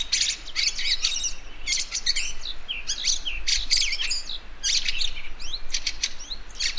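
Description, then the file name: Fieldfare song: busy, harsh chatter interspersed with sharp squeaky notes, phrases tumbling one after another, steady low hum beneath. "Wacholderdrossel Gesang"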